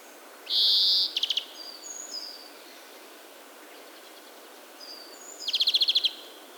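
European greenfinch: a long nasal wheeze with a brief rattle, scattered thin whistles, then a rapid buzzy trill of about eight notes, all over constant background hiss.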